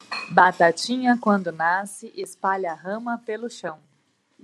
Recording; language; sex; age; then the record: short text; Brazilian Portuguese; female; 30 to 39 years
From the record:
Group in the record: control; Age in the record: 32 years